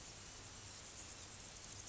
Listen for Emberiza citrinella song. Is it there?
no